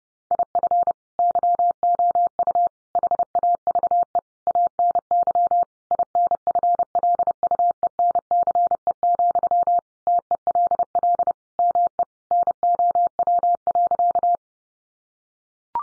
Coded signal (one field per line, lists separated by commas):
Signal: Morse code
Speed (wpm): 30 wpm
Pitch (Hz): 700 Hz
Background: none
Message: IF YOU HAVE ANY INFLUENCE, TELL ME NOW.